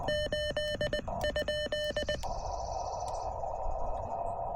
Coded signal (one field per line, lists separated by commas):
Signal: Morse code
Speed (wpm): 20 wpm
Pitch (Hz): 1800 Hz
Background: none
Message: 8?